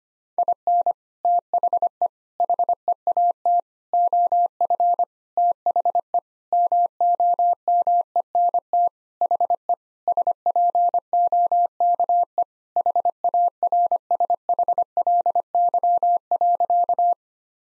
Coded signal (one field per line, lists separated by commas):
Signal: Morse code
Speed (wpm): 25 wpm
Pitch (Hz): 700 Hz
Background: none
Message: IN THE HEAT OF THE MOMENT HE SPOKE HARSHLY.